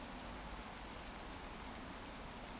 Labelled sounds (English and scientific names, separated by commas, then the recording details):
Eurasian Woodcock (Scolopax rusticola) whistle
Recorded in Baden-Württemberg, Germany, on 14 June 2020 at 20:25 UTC
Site 14569, 102 m above sea level